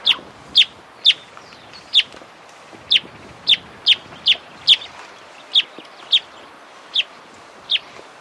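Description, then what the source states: Rusty-backed antwren calls: crisp, high, down-slurred single notes repeated at uneven intervals of about half a second to a second, over faint background hiss. Recorded in South America.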